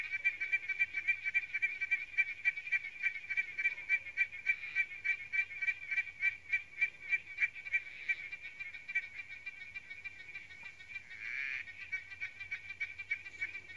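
Victorian smooth froglet producing a continuous train of sharp, high clicking pulses at a brisk regular pace, with a short broader burst of sound near the end.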